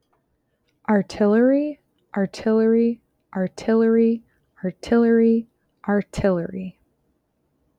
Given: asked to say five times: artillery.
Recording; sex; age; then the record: repeated word; female; 20 to 29 years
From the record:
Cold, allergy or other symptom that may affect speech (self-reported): no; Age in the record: 29 years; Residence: Wisconsin, United States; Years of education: 21